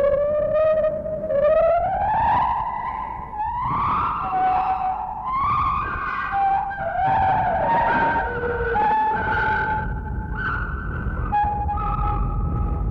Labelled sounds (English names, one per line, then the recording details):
Lar Gibbon
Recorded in captivity
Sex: pair
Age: adult
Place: Zoo Berlin, Berlin, DE
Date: 1961-01-07 14:00
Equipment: Minifon, Kopie Smaragd
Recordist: Tembrock, Günter